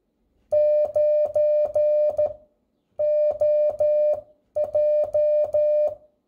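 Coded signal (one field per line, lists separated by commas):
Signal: Morse code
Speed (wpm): 12 wpm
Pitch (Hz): 600 Hz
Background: none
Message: 9OJ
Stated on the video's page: Radiotelegraphy: telegraphic signals keyed onto a radio carrier wave.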